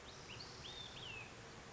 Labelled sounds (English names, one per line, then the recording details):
Olive-sided Flycatcher
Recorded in Sonoma County, California